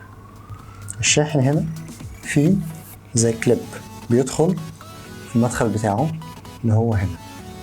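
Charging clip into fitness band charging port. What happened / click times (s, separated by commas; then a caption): The charging clip is handled but has not clicked into place yet / none. Someone talks while holding the plastic charging clip of an Honor Band 5 up to the charging port on the fitness band's body, with steady tonal music underneath. The clip ends before the clip goes home, so nothing has seated or clicked yet.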